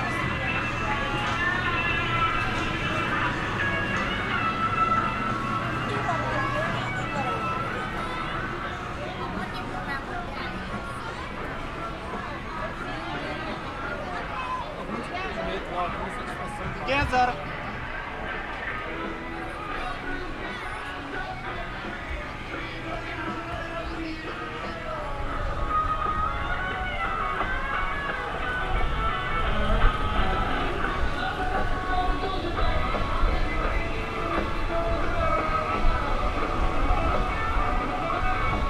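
Steady crowd chatter fills a walk through Animal Kingdom, many voices overlapping without pause. A low rumble runs underneath, growing heavier and rougher after about 25 seconds, with brief louder knocks near 17 and 30 seconds.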